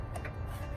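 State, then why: Not seated. The first PCV hose quick-connect fitting is being pushed onto the billet aluminum oil catch can (oil separator) port on a 2017 Chevy truck engine, with the aim of making it snap home. Only faint handling ticks are heard near 0.2 s and 0.3 s over a steady low hum. Nothing has seated or clicked yet.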